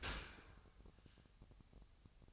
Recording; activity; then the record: daily activity, microphone in the room; open dishwasher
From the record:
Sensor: 2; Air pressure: 1004.6 hPa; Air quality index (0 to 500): 107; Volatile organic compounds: 2 ppm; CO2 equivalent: 1290 ppm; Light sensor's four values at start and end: 6/15/6/6 and 6/15/6/6